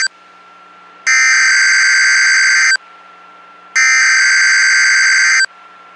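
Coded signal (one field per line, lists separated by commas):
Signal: Emergency Alert System (SAME) tones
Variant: header bursts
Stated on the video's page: EAS alerts, including a tornado watch, from a real severe weather event.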